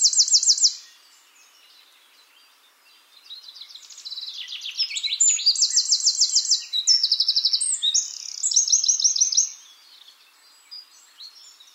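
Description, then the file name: Eurasian wren: a sharp high trill at the start, a pause, then a full song building into rapid, ringing rattles and twitters for several seconds. "Troglodytes troglodytes"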